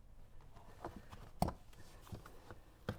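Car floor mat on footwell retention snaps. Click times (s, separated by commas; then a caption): 1.4 s, 2.9 s. A rubber all-weather LinerX floor mat is pulled up off the retention posts in the passenger footwell of a Fisker Ocean One. Faint ticks and rustles lead to two sharp snaps at 1.4 s and 2.9 s. Both retention snaps pop open and release the mat.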